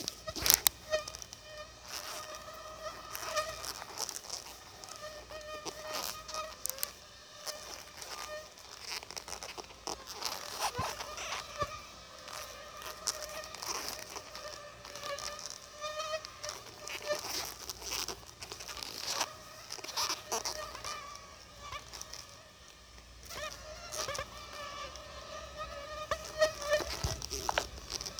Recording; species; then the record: mosquito flight sound by mobile phone; Aedes albopictus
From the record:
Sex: female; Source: CDC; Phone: Sony Xperia